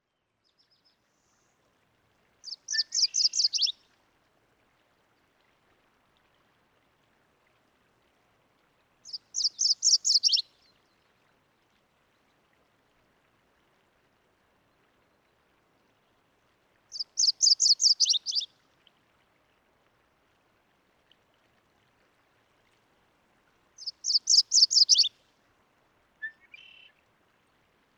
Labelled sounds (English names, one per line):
MacGillivray's Warbler song